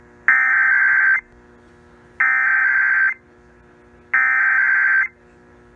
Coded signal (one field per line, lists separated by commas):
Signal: Emergency Alert System (SAME) tones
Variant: header bursts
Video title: KBLA 1580 EAS Test (EAS #1996) 4/28/20